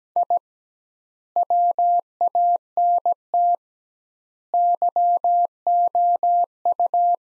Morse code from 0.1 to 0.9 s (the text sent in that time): I